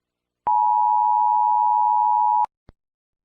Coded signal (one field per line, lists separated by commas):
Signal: Emergency Alert System (SAME) tones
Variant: 853 and 960 Hz attention tone